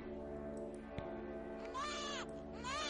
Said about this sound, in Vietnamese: Cô vứt con hình nhân này xuống đất, tức thì con hình nhân bắt đầu động đậy và kêu lên những tiếng oe oe, tiếng của một đứa trẻ con sơ sinh khóc.